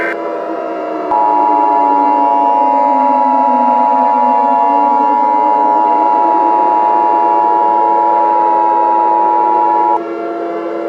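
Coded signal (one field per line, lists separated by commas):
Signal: Emergency Alert System (SAME) tones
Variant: 853 and 960 Hz attention tone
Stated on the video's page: Fictional EAS scenario for a horror game, not a real alert.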